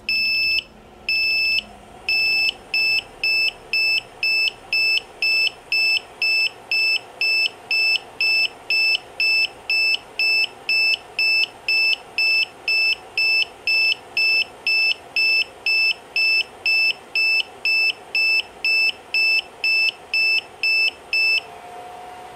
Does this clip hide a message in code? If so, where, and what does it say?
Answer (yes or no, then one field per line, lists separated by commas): no